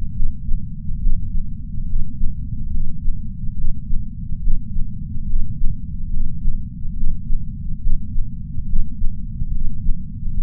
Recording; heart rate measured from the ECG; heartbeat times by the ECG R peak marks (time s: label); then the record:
heart sounds by patch sensor on the chest; 70 bpm
0.13 s: heartbeat
1.00 s: heartbeat
1.87 s: heartbeat
2.71 s: heartbeat
3.55 s: heartbeat
4.41 s: heartbeat
5.27 s: heartbeat
6.11 s: heartbeat
6.94 s: heartbeat
7.80 s: heartbeat
8.66 s: heartbeat
9.52 s: heartbeat
10.35 s: heartbeat
From the record:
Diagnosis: coronary artery disease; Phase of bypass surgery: preoperative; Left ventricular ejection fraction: 60.7%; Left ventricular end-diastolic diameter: 49 mm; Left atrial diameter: 38 mm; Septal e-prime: 7.7 cm/s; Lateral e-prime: 8.9 cm/s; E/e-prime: 8.7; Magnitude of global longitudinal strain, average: 16.3%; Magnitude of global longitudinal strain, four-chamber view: 16.1%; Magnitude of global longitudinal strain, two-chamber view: 16.3%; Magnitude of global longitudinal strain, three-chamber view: 16.5%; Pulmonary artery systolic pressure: 21 mmHg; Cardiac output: 4.8 L/min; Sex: male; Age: 58 years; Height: 170 cm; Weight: 80 kg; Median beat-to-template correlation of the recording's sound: 0.88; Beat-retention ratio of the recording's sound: 1.00